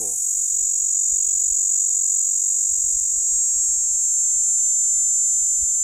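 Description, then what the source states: Platypleura plumosa cicada producing a level, ringing high buzz from start to finish, with light low wind bumps. Platypleura plumosa, recorded at Steytlerville.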